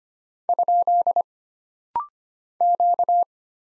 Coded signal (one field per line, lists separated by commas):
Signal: Morse code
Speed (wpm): 25 wpm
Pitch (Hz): 700 Hz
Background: none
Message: ? Q